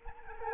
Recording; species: mosquito wingbeat signal from an infrared sensor; Anopheles arabiensis